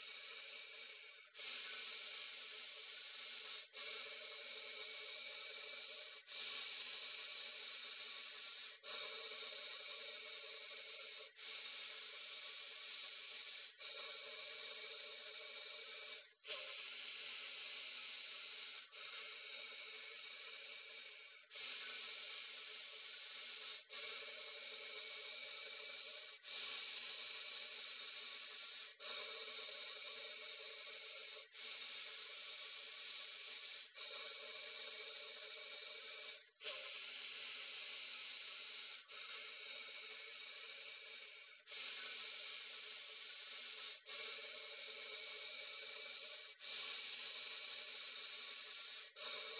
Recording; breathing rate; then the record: paced breathing near a phone; 12 breaths a minute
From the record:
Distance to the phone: 40 cm